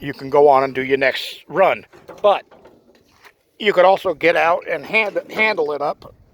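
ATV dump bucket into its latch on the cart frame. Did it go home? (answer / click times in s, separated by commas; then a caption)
no / none. Someone talks while the tilted steel ATV dump bucket waits to be lifted back up by hand into its latch on the cart frame. Only faint handling noise is heard in a pause around 2.9 s. The bucket has not snapped into its latch; nothing has seated or clicked yet.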